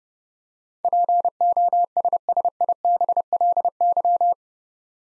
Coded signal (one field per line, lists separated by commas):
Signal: Morse code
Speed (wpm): 30 wpm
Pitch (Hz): 700 Hz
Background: none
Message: POSSIBLY